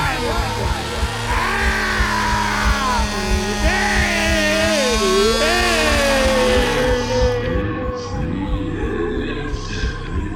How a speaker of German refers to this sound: Was wollen Sie mit der Säge?